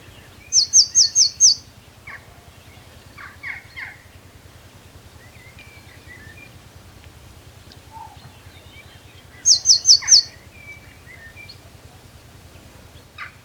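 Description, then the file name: Eurasian blue tit calling: two bursts of thin, high, downslurred notes, five then four, several seconds apart, with faint scattered chirps between them. "Cyanistes caeruleus"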